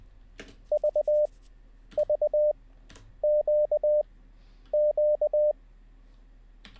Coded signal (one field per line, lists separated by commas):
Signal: Morse code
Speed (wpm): 20 wpm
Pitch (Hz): 600 Hz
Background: none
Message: V V Q Q